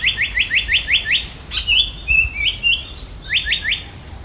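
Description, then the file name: Black paradise flycatcher song: a quick run of six evenly spaced whistled notes, followed by varied short whistles and another brief series of similar notes. "sankoutyou"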